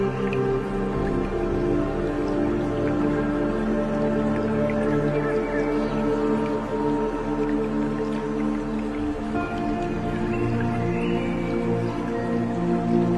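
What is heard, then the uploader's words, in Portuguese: Tibetan bells ring out in sustained, layered tones, low and middle pitches humming steadily through all thirteen seconds. Beneath them a stream trickles and drips in a constant wash, and a faint bird call rises briefly near the ten-second mark. Sinos Tibetanos e Sons da Natureza. Som de riacho, pássaros, sinos e sons da floresta.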